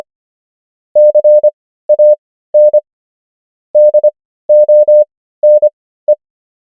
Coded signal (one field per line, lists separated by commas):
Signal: Morse code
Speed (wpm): 25 wpm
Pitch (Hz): 600 Hz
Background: none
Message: CAN DONE